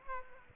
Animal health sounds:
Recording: mosquito wingbeat signal from an infrared sensor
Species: Aedes aegypti

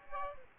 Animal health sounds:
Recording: mosquito wingbeat signal from an infrared sensor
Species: Aedes aegypti

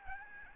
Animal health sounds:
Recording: mosquito wingbeat signal from an infrared sensor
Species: Aedes albopictus

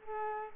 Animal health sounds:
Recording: mosquito wingbeat signal from an infrared sensor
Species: Culex quinquefasciatus

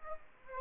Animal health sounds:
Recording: mosquito wingbeat signal from an infrared sensor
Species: Aedes aegypti

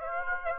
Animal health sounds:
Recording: mosquito wingbeat signal from an infrared sensor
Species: Aedes aegypti

